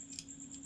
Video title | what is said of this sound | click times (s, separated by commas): bike disc lock | lock అయిపోతుంది. | 0.2 s